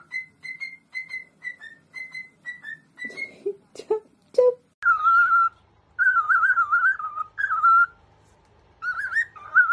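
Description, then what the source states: Cockatiel whistles a string of clipped, level notes, then lower squeaky sounds, followed by longer wavering whistled phrases. Several cockatiels singing, whistled song.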